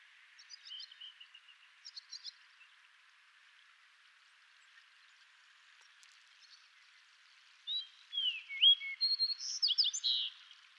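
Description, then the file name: Fox Sparrow song, a few faint notes first, then after a quiet stretch a full phrase of sweeping whistles and tumbling notes over a background hiss. "Passerella iliaca song"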